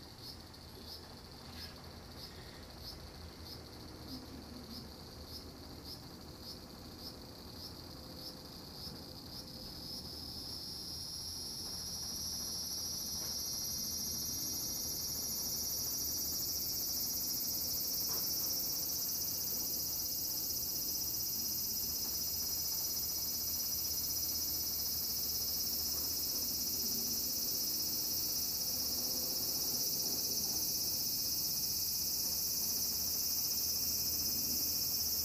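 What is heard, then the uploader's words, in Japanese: Cicadas in a garden, starting as a regular, rapid pulsing chirp over a steady low hum. Around ten to fifteen seconds a loud, shrill, continuous buzz swells up and holds to the end, much louder than the opening. 洗濯機が止まるまで庭を録ってみた。中盤あたりから騒がしくなります(セミのせい)。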